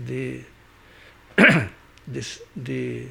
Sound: coughs

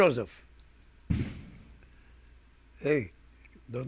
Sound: exploding fireworks can be heard outside in the background of the recording

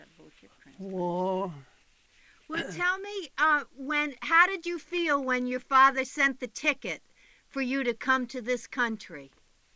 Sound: voice off mic

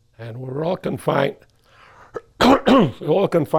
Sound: he coughs

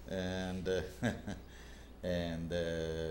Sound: chuckles

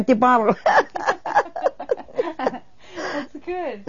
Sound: they laugh

